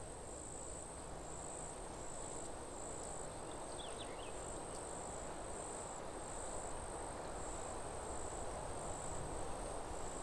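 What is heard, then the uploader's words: A nature ambience with a steady, high insect trill pulsing evenly throughout, over a constant low rumbling wash. Around four seconds a few faint, quick chirps, perhaps a bird, rise briefly above the bed, and the overall level stays nearly unchanged. Nature Ambience. The sounds of nature.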